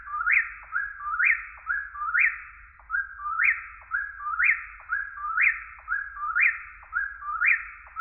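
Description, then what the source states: Eastern whip-poor-will singing a steady series of about eight whistled phrases, one per second, each a short note, a downward flick and a rising slur; low hum in the background. Recorded in deciduous forest.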